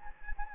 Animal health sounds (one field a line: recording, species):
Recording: mosquito wingbeat signal from an infrared sensor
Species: Anopheles gambiae